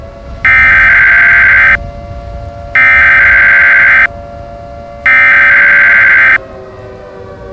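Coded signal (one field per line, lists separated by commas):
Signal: Emergency Alert System (SAME) tones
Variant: header bursts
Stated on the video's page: Fictional EAS scenario, simulated.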